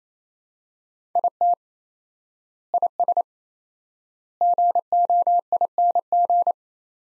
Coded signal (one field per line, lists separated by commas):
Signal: Morse code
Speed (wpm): 27 wpm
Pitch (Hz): 700 Hz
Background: none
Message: IT IS GOING